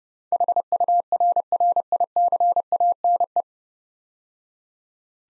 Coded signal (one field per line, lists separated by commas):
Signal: Morse code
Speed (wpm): 28 wpm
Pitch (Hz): 700 Hz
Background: none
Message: HURRICANE